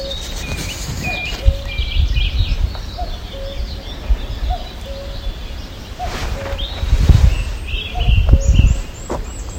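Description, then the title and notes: Common cuckoo giving repeated two-note cu-coo calls, with other birds singing higher and wind rumbling. First cuckoo heard in 2021, in the morning at Ardinning, with many other birds singing. "First cuckoo 2021. First cuckoo I've heard in 2021. Ardinning this morning"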